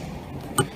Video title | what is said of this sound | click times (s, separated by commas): 2000-2002 Dodge Neon Starting Issue Fuel Pressure Regulator Replacement/Installation Video | until it clicks. That little chintzy tab click in, and then you take your | 0.6 s